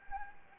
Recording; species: mosquito wingbeat signal from an infrared sensor; Anopheles gambiae